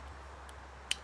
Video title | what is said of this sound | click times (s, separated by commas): My First Look at a Kobalt Folding Saw | up blade locks in place | 0.9 s